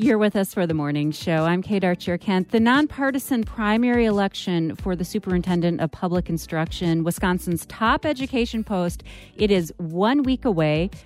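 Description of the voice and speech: An adult female radio host speaks fluently and clearly at a steady broadcast pace, introducing a segment of a morning radio show; typical speech.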